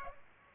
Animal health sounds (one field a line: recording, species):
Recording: mosquito wingbeat signal from an infrared sensor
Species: Culex pipiens